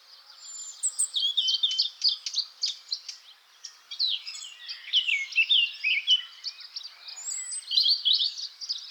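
Eurasian blackcap producing a lively, chattering warble of quick varied notes, mixing harsher chips and clearer slurred phrases in a continuous flow.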